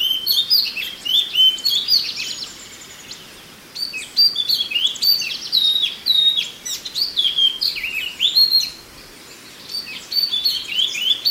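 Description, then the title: Oriental magpie-robin singing a long, varied medley of rising and falling whistles and sharp chips, delivered in bursts with two short pauses. "Kicau Kacer"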